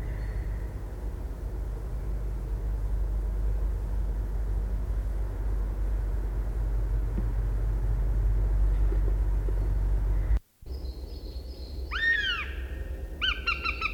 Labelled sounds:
Northern Goshawk (Accipiter gentilis) call

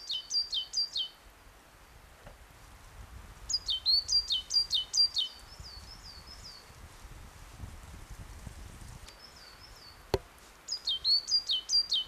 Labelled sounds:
Coal Tit (Periparus ater) song

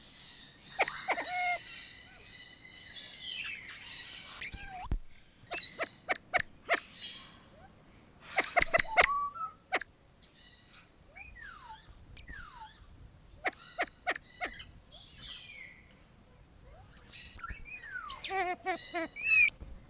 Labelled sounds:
Siamese Fireback (Lophura diardi) call

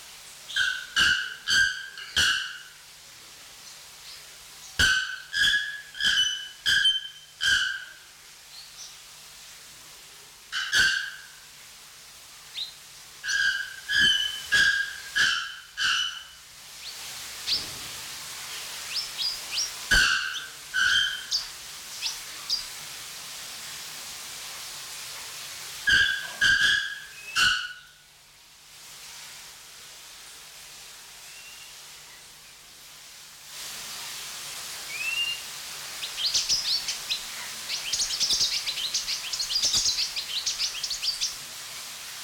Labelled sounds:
Pin-tailed Whydah (Vidua macroura)

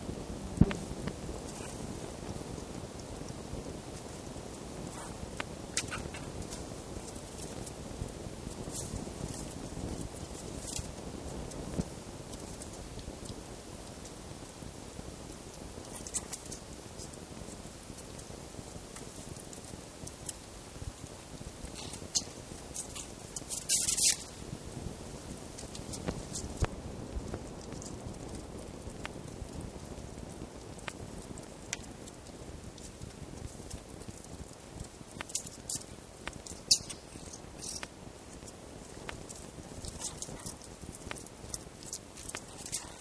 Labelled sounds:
Red Fox (Vulpes vulpes)

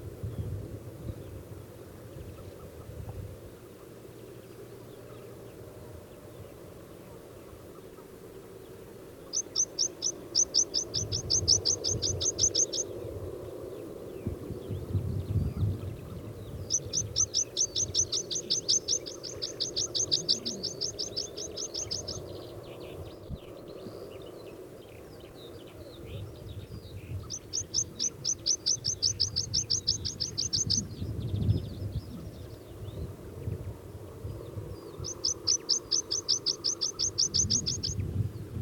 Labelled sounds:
Meadow Pipit (Anthus pratensis) song

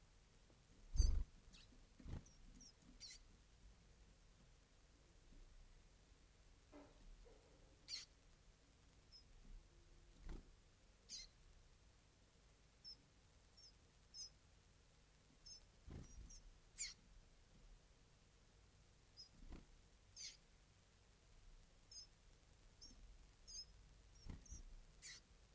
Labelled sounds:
Western Bonelli's Warbler (Phylloscopus bonelli) begging call

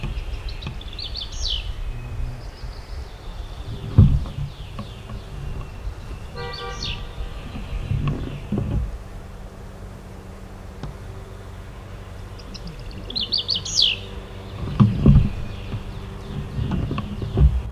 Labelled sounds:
Common Chaffinch (Fringilla coelebs)

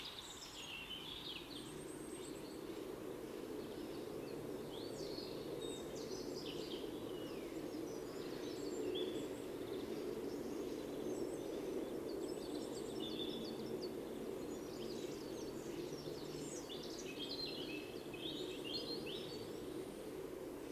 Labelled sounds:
Great Tit (Parus major) song

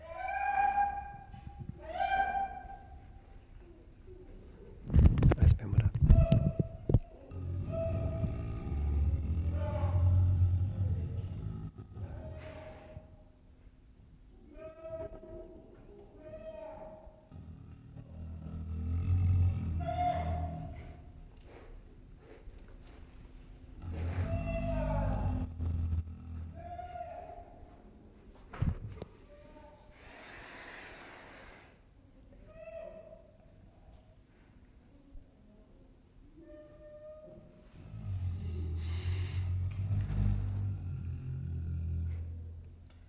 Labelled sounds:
Polar Bear (Ursus maritimus)

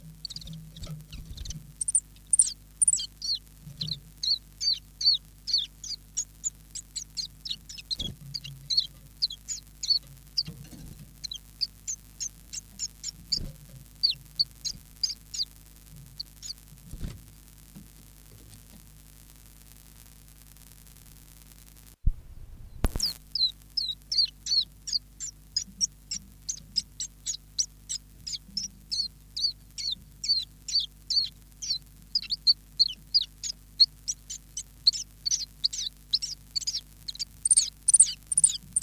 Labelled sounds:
Common Chiffchaff (Phylloscopus collybita)

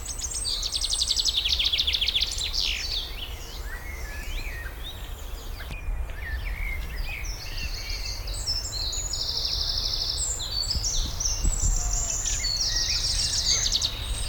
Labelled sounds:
Common Chaffinch (Fringilla coelebs)

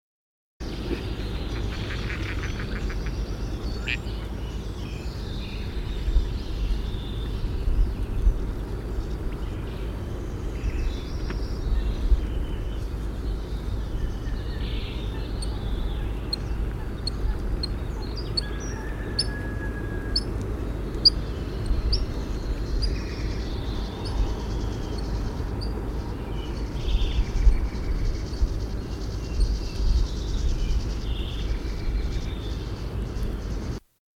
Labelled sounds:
Eurasian Coot (Fulica atra) call, Gadwall (Mareca strepera) call

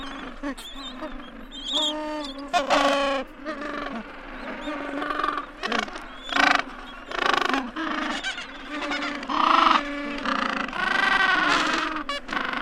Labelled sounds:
Gentoo Penguin (Pygoscelis papua) call

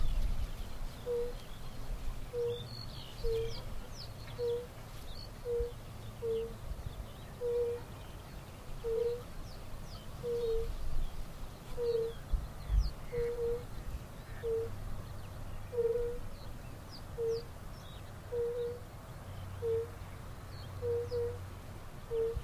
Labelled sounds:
Fire-Bellied Toad (Bombina bombina) call

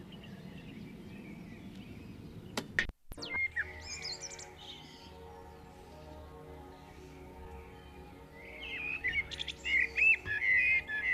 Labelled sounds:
Common Blackbird (Turdus merula) song

